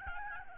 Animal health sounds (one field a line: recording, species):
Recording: mosquito wingbeat signal from an infrared sensor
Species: Aedes albopictus